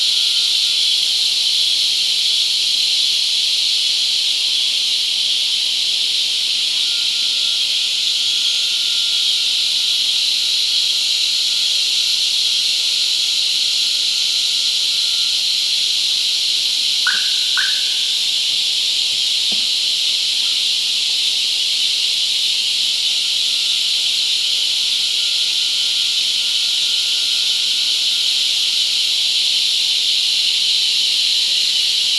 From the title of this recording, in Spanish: Apareamiento De Cigarras La Convención Peru